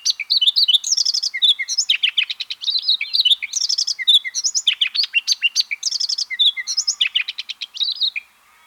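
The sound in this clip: Redthroat singing a fast, unbroken medley of high chirps, trills and short downslurred whistles throughout.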